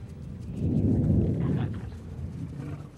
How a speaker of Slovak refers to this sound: A podľa mňa to bol hrom. Hrom spod... pod zemia.